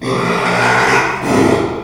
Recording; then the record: squeal of a Yucatan mini pig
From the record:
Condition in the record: after surgery on the right vocal fold (resection and tissue-engineered implant); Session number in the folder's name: 1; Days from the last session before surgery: 6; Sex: male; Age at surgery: 12 weeks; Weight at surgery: 13 kg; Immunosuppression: cyclosporine, prednisolone